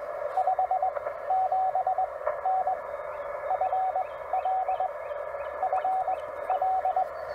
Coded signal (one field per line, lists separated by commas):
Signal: Morse code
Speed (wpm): 20 wpm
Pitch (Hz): 750 Hz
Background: radio noise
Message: 57N FL FL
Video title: Eclipse 2024 We do a CW POTA